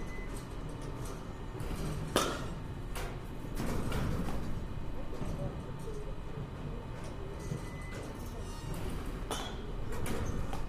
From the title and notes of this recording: バッティングセンターの音です. Sound of batting cage.